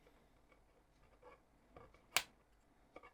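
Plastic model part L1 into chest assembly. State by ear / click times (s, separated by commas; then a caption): seated / 2.2 s. Part L1 of a plastic Iron Man model's chest section is pressed into place, with soft handling taps and rustles around it. A sharp, bright click rings out at 2.2 s as the part seats, and both sides are now done.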